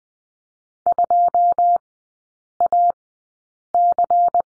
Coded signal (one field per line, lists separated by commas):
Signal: Morse code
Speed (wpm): 20 wpm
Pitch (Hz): 700 Hz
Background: none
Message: 2AC